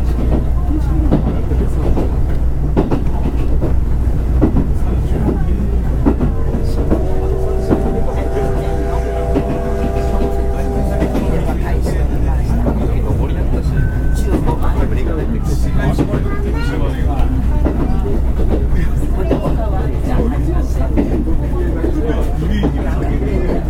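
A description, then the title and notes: Steady low rumble inside a moving train car, with murmured voices and a brief tonal whine around the middle. JR西日本 オハ３５系客車の録音です。 山口線のSLやまぐち号で録音しました。 区間は、長門峡から地福までです。 It is a running sound that can be heard from inside the SL train car.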